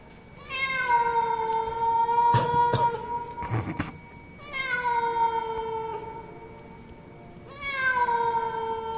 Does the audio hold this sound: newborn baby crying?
no